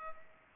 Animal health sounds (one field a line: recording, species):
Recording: mosquito wingbeat signal from an infrared sensor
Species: Culex pipiens